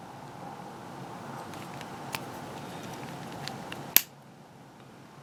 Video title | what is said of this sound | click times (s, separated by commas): Penfishingrods.com new backpacking models | Clicks right in place. | 4.0 s